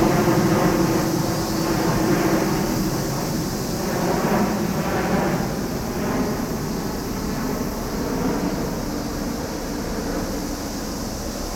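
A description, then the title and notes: A steady, dense engine roar of a low-flying plane fills the clip, with a low rumble and a faint high whine above throughout. Tokyo Olympic Stadium (Day Closing). Field-recorded at Tokyo Olympic Stadium, Shinjuku. In this quiet place again in afternoon, Aug. The noises of the usual and the repeating sound of low-flying planes remained. An arranged ambient track by kaolu_euphony from the sound materials field-recorded at several places in Tokyo.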